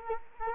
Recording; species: mosquito wingbeat signal from an infrared sensor; Culex quinquefasciatus